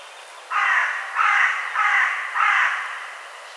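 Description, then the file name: Carrion crow uttering four coarse, grating caws in a quick series, each note broad and harsh, then quiet. "Corvus corone"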